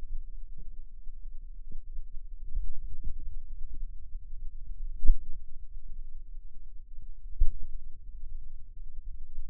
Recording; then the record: forearm muscle sounds (acoustic myography)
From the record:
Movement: finger pinch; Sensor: system 2, bracelet of six BSWA MPA416 microphones around the upper forearm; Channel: 2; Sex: female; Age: 22 years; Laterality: right